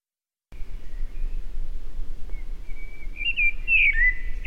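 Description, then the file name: Eurasian blackbird calling with thin, high whistled notes, faint at first, then louder and wavering near the end, over a steady low rumble. "Turdus merula"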